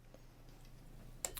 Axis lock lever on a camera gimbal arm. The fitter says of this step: and they will lock into place just to lock the access when you're not using